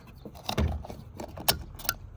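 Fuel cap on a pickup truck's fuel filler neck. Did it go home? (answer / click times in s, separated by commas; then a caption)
yes / 1.5 s, 1.9 s. A plastic fuel filler cap is screwed clockwise back onto the filler neck of a Toyota Tacoma pickup truck, with soft scraping and rattling as it turns. Its ratchet gives sharp clicks at 1.5 s and 1.9 s, showing the cap is tight.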